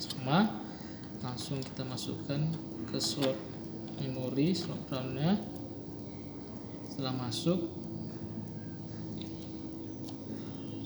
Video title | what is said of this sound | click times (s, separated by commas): Upgrade RAM PC HP 200 G3 AIO | ditekan aja sampai bunyi klik seperti itu. | 9.2 s, 10.1 s